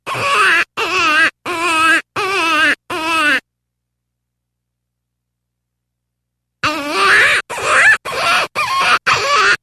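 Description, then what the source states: Jackrabbit distress cries: five wavering, wailing squeals in quick succession, a pause of about three seconds, then five more harsher, strained squeals. Jackrabbit giving distress calls.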